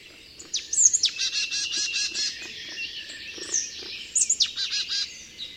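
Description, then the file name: Marsh tit calls in two bouts, each a thin, high, sharp note followed by a rapid burst of harsh, buzzy notes, with soft twittering behind. "Poecile palustris"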